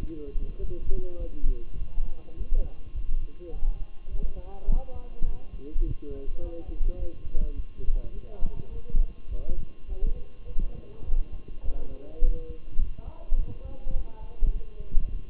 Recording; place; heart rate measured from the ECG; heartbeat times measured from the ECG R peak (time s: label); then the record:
heart sounds by stethoscope; between the tricuspid and mitral areas; 103 bpm
0.58 s: heartbeat
1.18 s: heartbeat
1.77 s: heartbeat
2.36 s: heartbeat
2.93 s: heartbeat
3.52 s: heartbeat
4.10 s: heartbeat
4.67 s: heartbeat
5.25 s: heartbeat
5.83 s: heartbeat
6.40 s: heartbeat
6.97 s: heartbeat
7.54 s: heartbeat
8.12 s: heartbeat
8.71 s: heartbeat
9.29 s: heartbeat
9.87 s: heartbeat
10.46 s: heartbeat
11.05 s: heartbeat
11.62 s: heartbeat
12.21 s: heartbeat
12.79 s: heartbeat
13.37 s: heartbeat
13.94 s: heartbeat
14.52 s: heartbeat
15.09 s: heartbeat
From the record:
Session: walking at 3.7 km/h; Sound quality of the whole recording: good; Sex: male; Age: 23 years